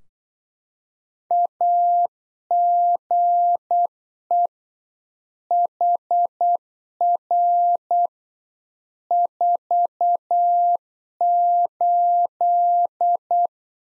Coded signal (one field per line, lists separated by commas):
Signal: Morse code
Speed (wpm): 8 wpm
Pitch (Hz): 700 Hz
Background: none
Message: AGE HR 48